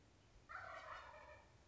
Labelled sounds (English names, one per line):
Wild Turkey